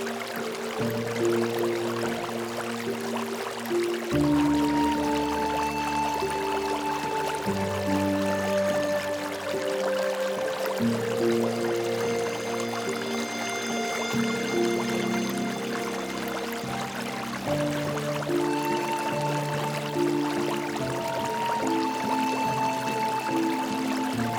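Soft, slow music holds low chords that shift every few seconds, with a high melody drifting above and steady rushing creek water underneath.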